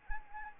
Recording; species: mosquito wingbeat signal from an infrared sensor; Anopheles arabiensis